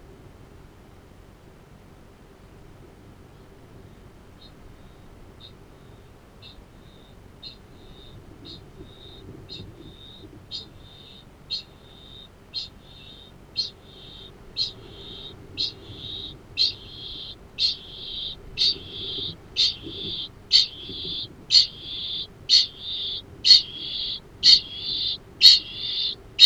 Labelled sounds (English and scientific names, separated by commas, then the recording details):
Kākāpō (Strigops habroptilus) ching call
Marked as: faintness 4/5, faintness 3/5, faintness 2/5
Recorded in New Zealand
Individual Arab